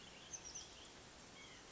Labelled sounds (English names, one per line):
White-breasted Nuthatch